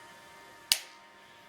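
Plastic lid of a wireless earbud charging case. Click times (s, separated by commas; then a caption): 0.7 s. The hinged plastic lid of a Tozo NC20 wireless earbud charging case, whose magnets hold the buds, is closed and snaps shut with one sharp, bright click at 0.7 s over a faint steady background hum. The lid seats fully closed with a crisp, satisfying snap.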